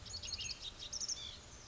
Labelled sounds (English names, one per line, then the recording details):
Ash-throated Flycatcher
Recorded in Sonoma County, California